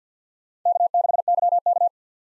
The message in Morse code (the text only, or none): K6YK